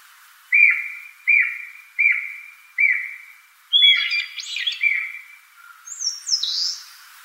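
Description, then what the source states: Japanese green woodpecker whistling four even notes, then more notes mixed with high chirps and sharp calls from other birds. Mount Takao, Tokyo, Japan.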